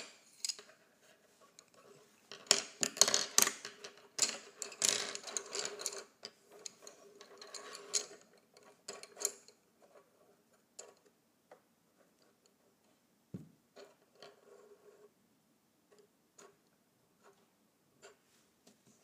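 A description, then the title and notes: Crisp scratching of colored pencils, busiest and loudest in a dense burst of strokes from about two to eight seconds. After that the sound thins to scattered light taps and short scrapes, with one soft low thump near thirteen seconds. ASMR Colored Pencils.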